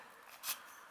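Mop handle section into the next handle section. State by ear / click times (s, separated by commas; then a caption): not seated / none. Two plastic-and-metal sections of a Swiffer Sweeper mop handle are handled and pushed toward each other so the spring-loaded button pins can go into the holes. A faint, steady hiss is broken by a soft, brighter brushing swell around 0.4–0.55 s, with no sharp transient. Nothing has seated or clicked yet.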